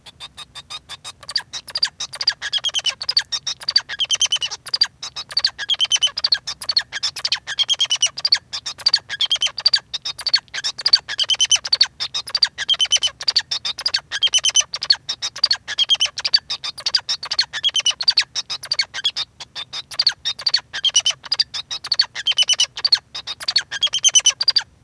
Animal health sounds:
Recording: song of a male Bengalese finch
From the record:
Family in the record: son of father 2

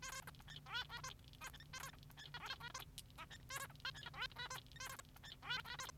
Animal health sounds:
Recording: song of a male Bengalese finch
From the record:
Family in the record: son of father 3

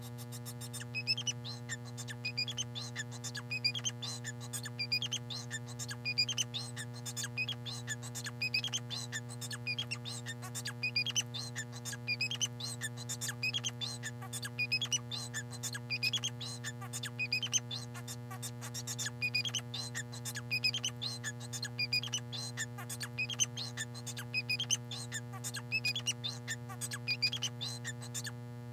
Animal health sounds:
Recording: song of a male Bengalese finch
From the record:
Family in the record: son of father 4

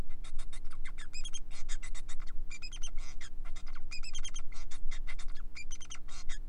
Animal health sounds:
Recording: song of a male Bengalese finch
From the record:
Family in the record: son of father 4

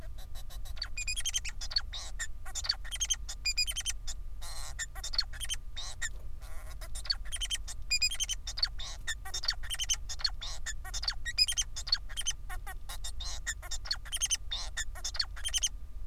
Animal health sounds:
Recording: song of a male Bengalese finch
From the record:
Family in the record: son of father 4

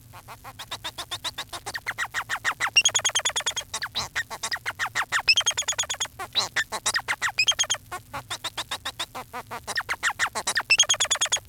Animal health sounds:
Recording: song of a male Bengalese finch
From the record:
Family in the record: son of father 4

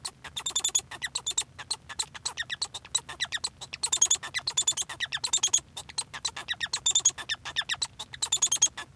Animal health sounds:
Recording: song of a male Bengalese finch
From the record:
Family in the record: son of father 1

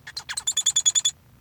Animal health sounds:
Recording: song of a male Bengalese finch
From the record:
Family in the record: son of father 1

